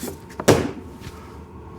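A plastic windscreen is fitted into the frame of a kids' 24V two-seater 4x4 ride-on car. After light plastic handling sounds, it pops into place with a sharp snap at 0.5 s. The windscreen is seated.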